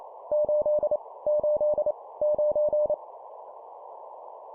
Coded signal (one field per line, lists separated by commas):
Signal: Morse code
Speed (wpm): 29 wpm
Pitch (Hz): 600 Hz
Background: none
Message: 8 8 9